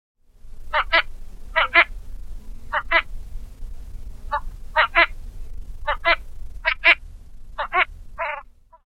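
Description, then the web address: Northern shoveler calling: short, mostly paired, nasal clucking notes repeated roughly every second, over a low steady rumble. "Zoo Field Guide"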